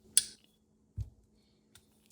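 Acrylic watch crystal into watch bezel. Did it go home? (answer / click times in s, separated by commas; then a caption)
yes / 0.2 s. An acrylic watch crystal, compressed in a hand crystal press, is pushed into a watch bezel as the bezel is lifted up against it. One loud, sharp click comes at 0.2 s, followed by a faint low thump near 1.0 s and a few soft ticks. The crystal is seated in the bezel.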